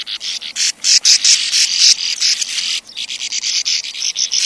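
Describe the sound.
Sand martins giving dry, rasping, buzzy twitters in a dense continuous chatter with brief pauses.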